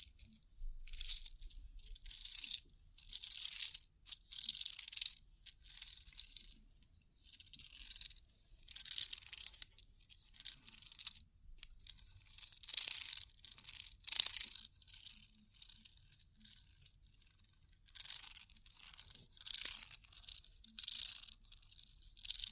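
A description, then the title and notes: Scalp massage with fingers rubbing and scratching through hair, bright crackly bursts repeating in irregular rhythm, separated by short quiet gaps. ASMR Sleepy Scalp Massage (No Talking).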